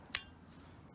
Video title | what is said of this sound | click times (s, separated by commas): Dodge Caravan/Grand Caravan Brake/Turn/Tail/Reverse Light Replacement | just going to go ahead and push it in until you hear it click | 0.2 s